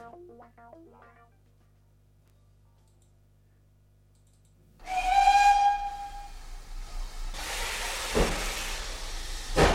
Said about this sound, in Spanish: Vamos hacia el tren, nos vamos a subir porque va a pitar su salida.